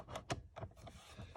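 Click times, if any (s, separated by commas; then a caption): 0.3 s. A plastic multifunction switch console for the cruise control arm on a 2014 Mercedes GL 450 is pressed onto the steering column. Several short knocks and rubs are heard, with a sharp snap at 0.3 s as it locks in. The console is seated and firmly held.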